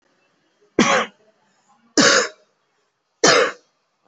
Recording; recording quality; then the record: heavy voluntary cough; excellent, no background noise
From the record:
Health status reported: COVID-19 positive, mild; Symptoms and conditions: none ticked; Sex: male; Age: 22 years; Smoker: not ticked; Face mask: not worn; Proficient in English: yes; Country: India